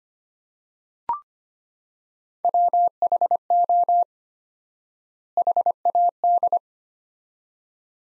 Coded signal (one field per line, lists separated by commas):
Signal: Morse code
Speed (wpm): 25 wpm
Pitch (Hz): 700 Hz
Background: none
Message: WHO HAD